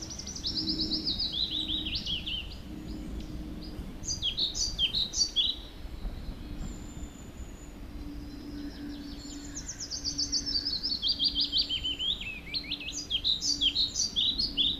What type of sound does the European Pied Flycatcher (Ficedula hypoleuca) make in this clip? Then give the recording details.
song. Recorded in the wild. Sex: male. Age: adult. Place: Schönow, Naturpark Barnim, Brandenburg, DE. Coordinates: 52.6814, 13.5014. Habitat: decidous forest. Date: 2013-05-20. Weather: cloudy, weak wind, 15°C. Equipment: Sound Devices 702, Sennheiser MKH 70, Rycote Windschutz. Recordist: Frommolt, Karl-Heinz. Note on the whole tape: Naturschutzgebiet Schönower Heide, am Rohrbruch: Gesang eines Trauerschnäppers mit Standortwechsel